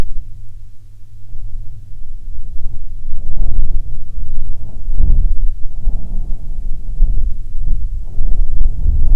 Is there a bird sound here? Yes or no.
no